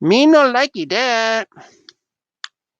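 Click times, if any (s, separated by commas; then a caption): 2.4 s. Someone talks for the first second and a half while pressing a plastic hand-guard or bar piece onto its mounting on the assembled unit, after an earlier try did not snap on well enough. After a short pause, a single sharp snap is heard at 2.4 seconds as the piece seats firmly in place.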